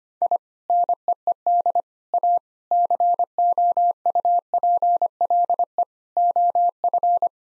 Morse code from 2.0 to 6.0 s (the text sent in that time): A COUPLE